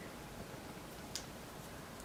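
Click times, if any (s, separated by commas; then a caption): 1.2 s. A cover plate is pushed back onto a baitcast fishing reel with its screw hole lined up. Against a steady low background hiss, a single faint, sharp click sounds at 1.2 seconds as the cover pops into place and seats.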